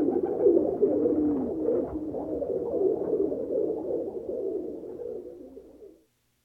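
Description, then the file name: Pigeon cooing, low, burbling and continuous, with soft phrases that fade out near the end. "tauben"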